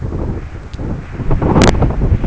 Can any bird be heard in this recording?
no